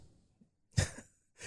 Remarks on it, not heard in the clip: Around probably 3 a.m., I started with this weird dry cough, and then it just kept getting worse, and it just wouldn't stop. I've still got it.